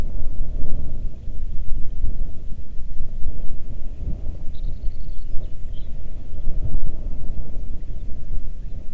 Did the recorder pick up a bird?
yes